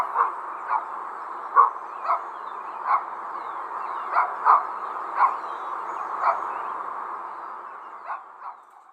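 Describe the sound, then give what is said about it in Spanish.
Dogs bark outdoors at a home, with birds, in short, irregular bursts, about a dozen sharp yelps over nine seconds, above a steady, rushing outdoor background hiss. No voices are heard, and the barking fades toward the end. “Mi casa suena el viento, el aire, el río, los perros, los pájaros y el viento.”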